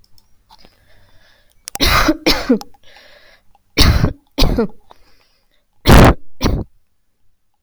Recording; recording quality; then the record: heavy voluntary cough; moderate, slight background noise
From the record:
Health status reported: healthy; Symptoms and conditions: none ticked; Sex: female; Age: 25 years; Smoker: not ticked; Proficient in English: yes